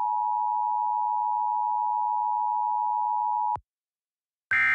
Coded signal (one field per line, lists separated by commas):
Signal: Emergency Alert System (SAME) tones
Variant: 853 and 960 Hz attention tone